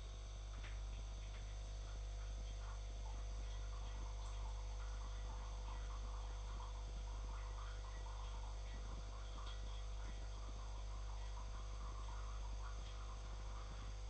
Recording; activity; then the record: daily activity, microphone in the room; make coffee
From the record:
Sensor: 5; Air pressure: 995.2 hPa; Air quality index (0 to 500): 98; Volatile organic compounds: 6 ppm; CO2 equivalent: 1852 ppm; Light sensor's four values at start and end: 31/76/31/32 and 26/64/25/25